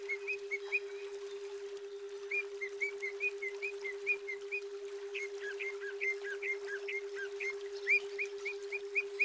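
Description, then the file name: Greater green leafbird giving repeated short chirps, then down-slurred notes, then short chirps again, over a continuous low hum. Female. "terapi alam cucak ijo betina"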